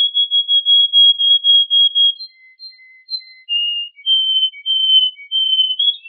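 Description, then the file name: Yorkshire canary song, a long steady whistled tone, then shorter whistles stepping between higher and lower pitches. Canary song combining Yorkshire and Russian styles. "kombinasi yorkshire vs rusia"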